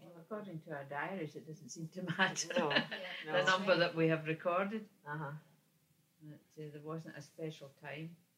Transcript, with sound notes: Well according to our diaries, it doesn't seem to matter. [laughs]
No, no.
The number that we have recorded.
Uhuh.
That, eh, there wasn't a special time.